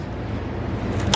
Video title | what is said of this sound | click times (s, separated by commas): Cutting and Shaping Steel for Your Body Extension Project | boom did you hear it click into place it locks itself into place | 1.1 s